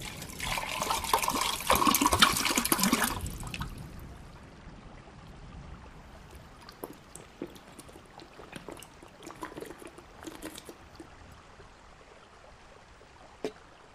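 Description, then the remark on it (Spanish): Water pours from a jug taken from the refrigerator into a glass in a steady, rushing stream for about three seconds, followed by quiet scattered clinks and light taps, with no talking. “Abrió la heladera, agarró una jarra con agua y se sirvió un vaso.”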